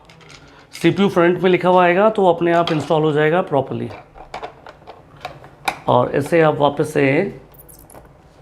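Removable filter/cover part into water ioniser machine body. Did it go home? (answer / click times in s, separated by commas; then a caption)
no / none. During deep cleaning of a Kangen water ioniser machine, a removed plastic filter or cover part is being put back into the machine body. Someone talks, with brief handling taps and knocks in the pause between phrases. Nothing has seated or clicked yet.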